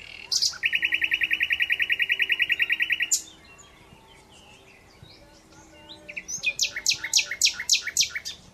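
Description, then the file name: Common Nightingale song: a long fast buzzing trill of even repeated notes, a pause with soft notes, then a loud series of sharp repeated chirps. "Luscinia megarhynchos"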